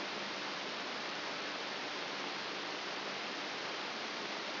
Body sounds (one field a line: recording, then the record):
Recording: brain microelectrode recording played as sound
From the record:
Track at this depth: inside the subthalamic nucleus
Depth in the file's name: 1.005 mm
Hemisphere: left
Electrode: 3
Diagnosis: Parkinson's disease